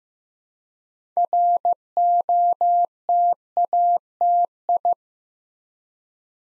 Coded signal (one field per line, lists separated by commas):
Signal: Morse code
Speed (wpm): 15 wpm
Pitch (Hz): 700 Hz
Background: none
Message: ROTATI